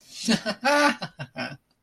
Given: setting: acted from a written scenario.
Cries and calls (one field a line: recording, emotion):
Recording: vocal sound without words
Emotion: triumph